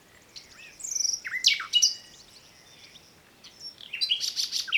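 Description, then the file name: Common nightingale song with sweeping whistles, sharp downslurred notes and a closing burst of rapid repeated chirps. "Luscinia megarhynchos"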